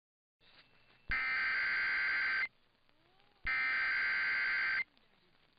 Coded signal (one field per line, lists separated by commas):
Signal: Emergency Alert System (SAME) tones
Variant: header bursts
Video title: VISUAL FRUSTRATION ENSUES... EAS Tests from August 2025 (EAS #6,206 - 6,251)